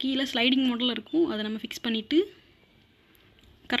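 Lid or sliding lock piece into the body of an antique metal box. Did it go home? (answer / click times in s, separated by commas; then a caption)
yes / 3.8 s. Someone talks while closing an antique bronze/brass vibhoothi box, fitting the sliding piece underneath into place and then putting the lid on so it locks. After the talking comes a quiet stretch with a few faint ticks. A loud, sharp hit at 3.8 s marks the lid or sliding lock piece seating into the body of the metal box and locking shut.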